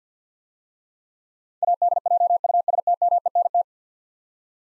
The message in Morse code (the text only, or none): ADJUSTMENT